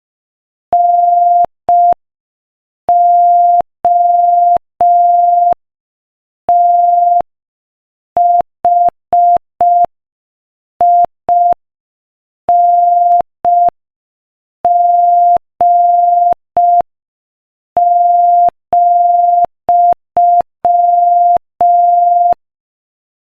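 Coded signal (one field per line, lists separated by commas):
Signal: Morse code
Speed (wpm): 5 wpm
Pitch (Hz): 700 Hz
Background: none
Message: NOTHING,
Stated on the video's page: Morse practice at 5 wpm, sending a joke.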